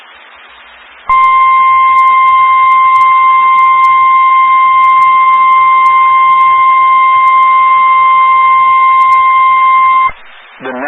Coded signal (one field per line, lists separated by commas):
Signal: Emergency Alert System (SAME) tones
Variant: 1050 Hz attention tone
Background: speech